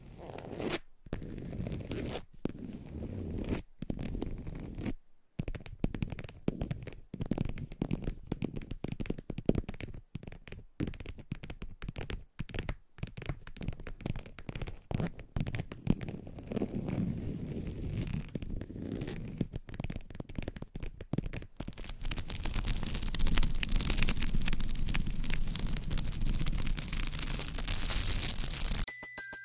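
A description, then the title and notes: Irregular tapping and scratching, dense clusters of sharp clicks and rubbing strokes, then a louder, brighter continuous scraping from about 21 seconds. Tapping and Scratching.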